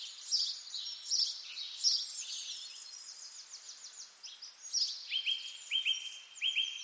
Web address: sonido del canto de los pajaros en primavera